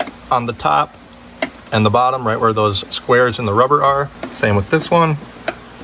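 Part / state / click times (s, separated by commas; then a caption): rubber wiring grommet into truck door hole / seated / 5.5 s. Someone talks while pushing the top and bottom of a rubber wiring grommet, with the wires already run through it, into its hole in a 2003-2007 GM truck door during a tow mirror install. A sharp click at 5.5 s is heard as the grommet seats into place.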